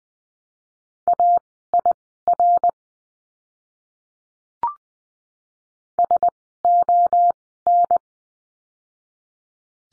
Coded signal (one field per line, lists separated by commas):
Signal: Morse code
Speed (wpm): 20 wpm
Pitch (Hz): 700 Hz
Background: none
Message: AIR SON